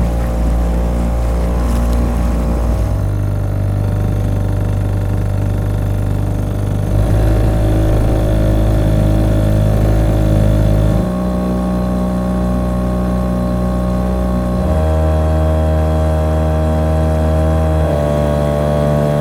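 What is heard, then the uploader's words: A motor boat engine runs steadily, a deep, dense rumble with a droning hum on top. Its pitch shifts in distinct steps, around three, seven, eleven and fifteen seconds, as the throttle changes, while the loudness stays nearly constant throughout. PH - Motor Boat – Tohatsu 3.5 by Phonophilist.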